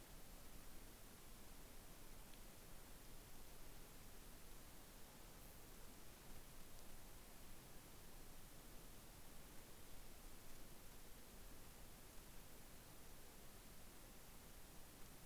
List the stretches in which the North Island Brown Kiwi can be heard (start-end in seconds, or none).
none